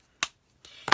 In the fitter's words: i want to make sure you get your caps back on your blendabilities really well make sure you hear that snap